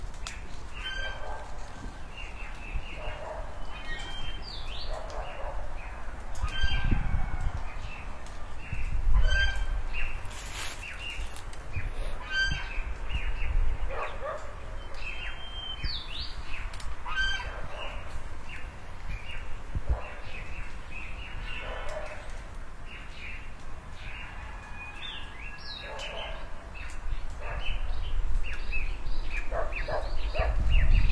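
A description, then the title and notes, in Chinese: Birds chirp and call throughout beside a pond in front of a house, with short bright calls scattered every second or two. Goose honks rise now and then, around 7, 9 and 28 seconds, over a steady low rumble of background noise. 早上我家屋前鸟叫村里鹅叫。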